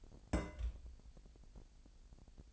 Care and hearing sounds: daily activity, microphone in the room; place on stove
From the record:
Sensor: 5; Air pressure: 1002.1 hPa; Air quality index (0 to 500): 248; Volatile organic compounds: 9 ppm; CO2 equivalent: 2151 ppm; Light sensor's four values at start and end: 21/45/20/23 and 21/45/20/22

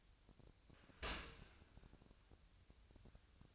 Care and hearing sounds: daily activity, microphone in the room; open dishwasher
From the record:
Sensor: 2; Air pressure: 1003.0 hPa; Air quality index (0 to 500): 201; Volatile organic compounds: 6 ppm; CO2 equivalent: 1906 ppm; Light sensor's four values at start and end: 23/56/24/27 and 23/56/24/27

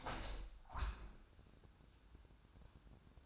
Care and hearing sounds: daily activity, microphone in the room; open window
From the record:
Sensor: 2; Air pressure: 1000.3 hPa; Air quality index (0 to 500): 141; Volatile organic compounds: 2 ppm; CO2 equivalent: 1177 ppm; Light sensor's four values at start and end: 11/30/11/13 and 11/31/12/14

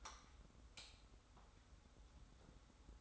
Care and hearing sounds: daily activity, microphone in the room; light on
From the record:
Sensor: 3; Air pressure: 991.0 hPa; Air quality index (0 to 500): 114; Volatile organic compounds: 68 ppm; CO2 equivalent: 3498 ppm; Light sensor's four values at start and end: 36/86/35/32 and 39/95/38/35

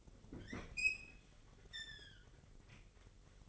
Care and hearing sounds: daily activity, microphone in the room; open fridge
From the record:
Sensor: 4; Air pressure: 1002.9 hPa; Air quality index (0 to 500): 247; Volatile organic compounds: 18 ppm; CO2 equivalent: 2638 ppm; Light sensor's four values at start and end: 4/10/3/4 and 4/9/3/4

